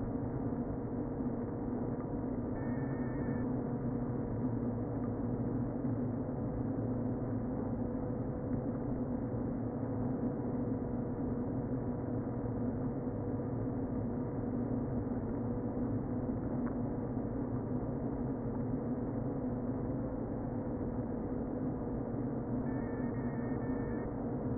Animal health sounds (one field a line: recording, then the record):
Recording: honeybee colony, microphone inside the hive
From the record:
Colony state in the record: queen present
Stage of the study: before two queens were removed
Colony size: about 60,000 bees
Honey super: yes